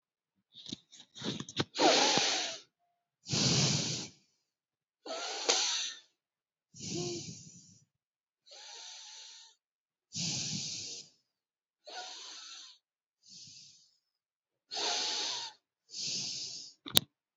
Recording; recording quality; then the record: deep breathing; excellent, no background noise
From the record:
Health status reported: healthy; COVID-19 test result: not tested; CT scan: not taken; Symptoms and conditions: none ticked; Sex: male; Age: 21 years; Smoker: no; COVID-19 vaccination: both doses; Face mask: not worn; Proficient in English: yes